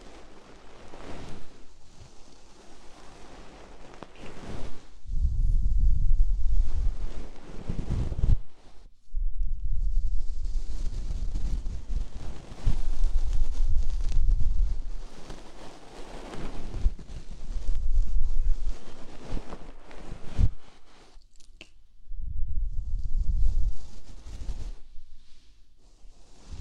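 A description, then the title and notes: A soft brush sweeps over the microphone, making muffled, deep rumbling strokes with a faint airy hiss on top. The brushing comes in long, uneven passes, with brief near-silent pauses around 9, 16 and 21 seconds before starting again. Massage Gentle Brush Ear Cleaning.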